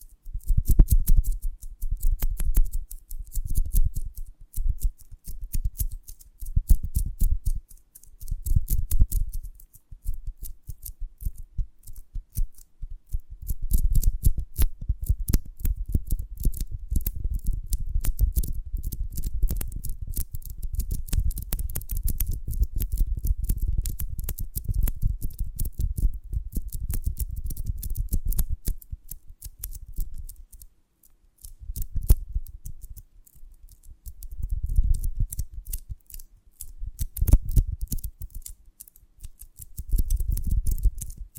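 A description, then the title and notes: Crisp crackling and snipping sounds of a honeycomb on a branch being handled, coming in short bursts through the first ten seconds, then a dense continuous stretch from about 14 to 30 seconds. Afterward the bursts return, shorter and spaced out, with low thumps beneath. ASMR of a Honeycomb on Branch (No Talking).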